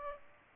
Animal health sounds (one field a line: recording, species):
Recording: mosquito wingbeat signal from an infrared sensor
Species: Aedes aegypti